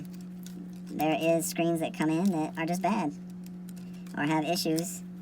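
Someone talks while the replacement screen's flex cable connector for a Galaxy J7 V is handled near the phone's mainboard socket, to test the screen before gluing. Only a few faint, brief ticks of handling are heard under the talk. The connector has not seated or clicked yet.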